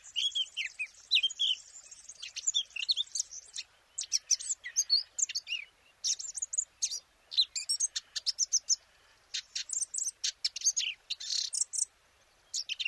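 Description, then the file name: Eurasian blackcap singing a dense, chattering warble of high sweeping and clicking notes, with several brief pauses. "Sylvia atricapilla"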